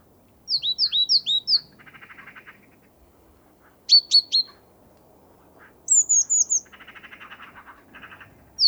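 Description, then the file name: Great tit calls: quick runs of high, sharply falling notes alternating with softer, buzzy chattering churrs, repeated throughout. "Parus major"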